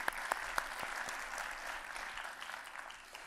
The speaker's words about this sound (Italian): Questi applausi non sono un addio, perché speriamo di fare naturalmente un sesto ciclo l'anno prossimo